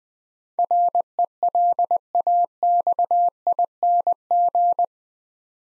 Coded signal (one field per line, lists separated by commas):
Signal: Morse code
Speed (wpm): 20 wpm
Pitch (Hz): 700 Hz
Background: none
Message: RELAXING